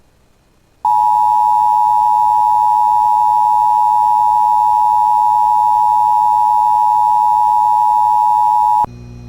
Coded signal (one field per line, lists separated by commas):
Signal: Emergency Alert System (SAME) tones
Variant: 853 and 960 Hz attention tone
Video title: [EAS] [FOUND SAFE] AMBER Alert Child Abduction Emergency for Crow Wing County MN (November 1, 2024)